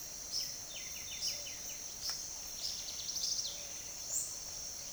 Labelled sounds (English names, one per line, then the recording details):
Silver-beaked Tanager
White-winged Becard
House Wren
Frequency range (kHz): White-winged Becard 1.3-3.6 kHz; House Wren 2.4-6.9 kHz
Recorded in secondary vegetation near Puerto Asís, Putumayo, Colombia, on 19 June 2025 at 06:00
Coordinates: 0.489, -76.322
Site G021